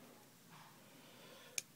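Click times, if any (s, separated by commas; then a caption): 1.6 s. After a failed try, the steel pivot pin of a folding knife is pushed through the handle and blade. A quiet, steady background gives way to a single sharp, bright tick at 1.6 seconds as the pin pops into place. The pin is seated.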